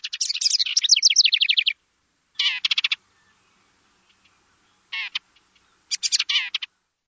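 House wren singing a rapid bubbly trill, then three short bursts of harsh, buzzy stacked notes separated by pauses.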